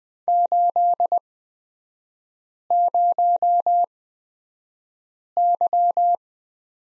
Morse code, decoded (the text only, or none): 80Y